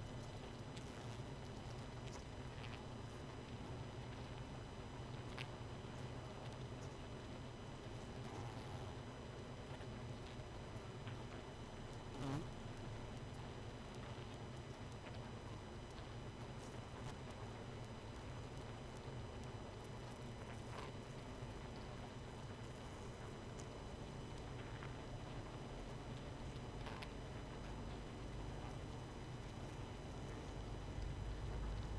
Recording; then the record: honeybee colony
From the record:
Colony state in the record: missing queen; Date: 31 May 2018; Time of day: 22:14